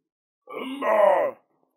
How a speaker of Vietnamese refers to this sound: Một tiếng kêu dài truyền theo Hành Vân Ngoan, mép mây rùa khổng lồ chạm sát tới cái bến đậu của Ưng Sầu Độ, tạo ra một chỗ rung động nhỏ, sau đó dần dần ổn định lại.